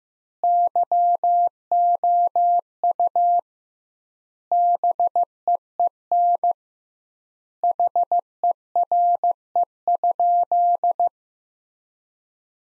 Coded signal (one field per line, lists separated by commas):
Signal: Morse code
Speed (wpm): 15 wpm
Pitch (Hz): 700 Hz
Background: none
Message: YOU BEEN HERE?